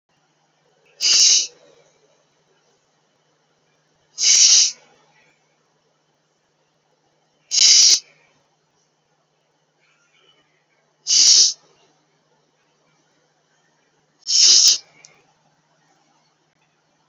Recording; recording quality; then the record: deep breathing; excellent, no background noise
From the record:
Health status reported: COVID-19 positive, moderate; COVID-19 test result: positive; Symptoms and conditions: cough, breathing difficulty, sore throat, fever, fatigue, muscle pain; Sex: male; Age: 43 years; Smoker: not ticked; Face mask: not worn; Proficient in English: yes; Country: India